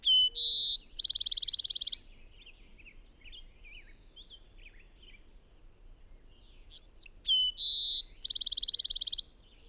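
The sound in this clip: Bird song heard twice: each high phrase opens with quick slurred notes, holds a pure whistle, then breaks into a fast buzzy trill; soft chirps fill the pause between.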